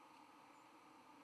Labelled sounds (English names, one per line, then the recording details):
White-throated Sparrow flight call
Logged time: 07:05 on 31 October 2014